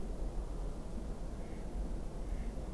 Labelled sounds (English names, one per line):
Mallard